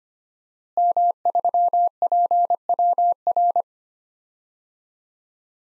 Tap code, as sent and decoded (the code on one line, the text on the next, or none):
none